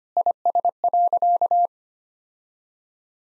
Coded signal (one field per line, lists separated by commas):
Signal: Morse code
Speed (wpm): 25 wpm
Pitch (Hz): 700 Hz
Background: none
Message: IS.